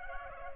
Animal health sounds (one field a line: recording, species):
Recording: mosquito wingbeat signal from an infrared sensor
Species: Culex pipiens